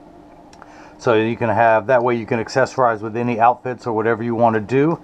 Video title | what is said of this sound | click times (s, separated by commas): Oakley Hyperlink (A) with Transitions XTRActive Silver Style Mirrors | i tuck it in on that side then push down you'll hear the snap and it goes back in | 0.5 s, 0.6 s